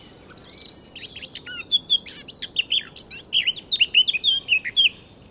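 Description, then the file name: Eurasian blackcap song: a rapid scratchy twitter opening, then a loud series of rich whistled phrases rising and falling in pitch, ending abruptly. "Sylvia atricapilla"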